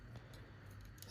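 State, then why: Seated. The Ikari pilot piece, an entry plug insert, is pushed into a plastic collectible figure over a low steady hum, with a soft knock near 0.2 s. A sharp, loud click at 1.0 s marks the piece seating in place.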